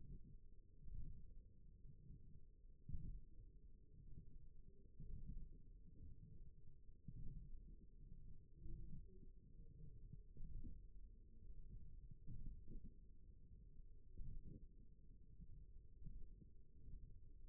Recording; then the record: forearm muscle sounds (acoustic myography)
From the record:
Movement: ulnar deviation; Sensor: system 1, eight BSWA MPA416 microphones around the upper forearm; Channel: 4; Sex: female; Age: 21 years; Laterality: right